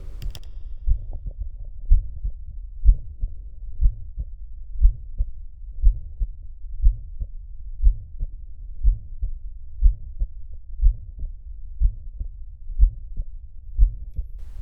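Heart by stethoscope at about 60 beats per minute with a quiet Still's murmur: a systolic, fairly low-pitched, musical, vibrating innocent murmur, in a 77-year-old woman with severe hypertension (blood pressure 265/100).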